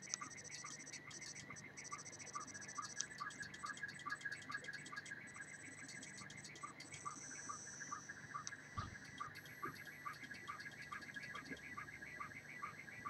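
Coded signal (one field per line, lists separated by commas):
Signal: SSTV (slow-scan television)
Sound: warbling tones around 1.5-2.3 kHz broken by regular short low chirps, with hiss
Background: radio static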